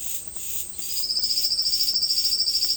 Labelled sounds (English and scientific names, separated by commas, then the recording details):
Silvered Antbird (Sclateria naevia)
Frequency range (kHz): Silvered Antbird (Sclateria naevia) 3.5-6.7 kHz
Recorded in dense forest near Puerto Asís, Putumayo, Colombia, on 19 February 2024 at 08:30
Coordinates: 0.487, -76.319
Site G6403